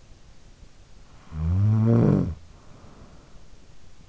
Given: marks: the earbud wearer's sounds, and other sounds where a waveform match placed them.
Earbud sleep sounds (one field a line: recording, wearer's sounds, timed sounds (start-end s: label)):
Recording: sounds in sleep by an in-ear microphone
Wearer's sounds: snoring breath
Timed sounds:
1.02-3.68 s: snoring breath